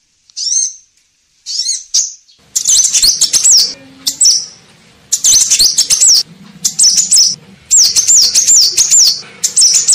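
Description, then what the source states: Crimson sunbird: high, thin chirps and rapid twittering phrases, broken by clicks and rustling noise between bursts. Masteran song-training material for teaching song.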